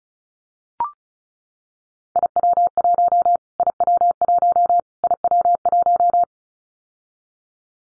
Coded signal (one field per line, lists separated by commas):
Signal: Morse code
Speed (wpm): 34 wpm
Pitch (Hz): 700 Hz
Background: none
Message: IW1 IW1 IW1